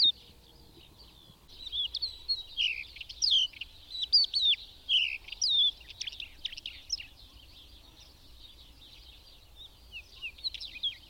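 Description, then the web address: Bird song, a short quiet start, then busy high chirps and sliding whistles that peak midway and thin out toward the end. "madarak enek"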